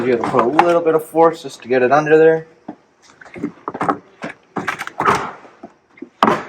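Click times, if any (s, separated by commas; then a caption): 6.2 s. Someone talks while forcing a Formula 1-style LED brake and turn signal light for a Tesla Model Y under the edge of the car's rear trim panel, with scattered handling knocks and rustles as it is pushed into place. A strong, sharp snap at 6.2 s marks the light seating under the trim.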